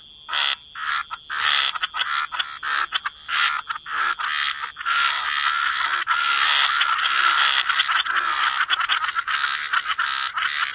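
Frogs croaking in a chorus, separate rasping bursts at first, then merging into a dense continuous buzzing wash.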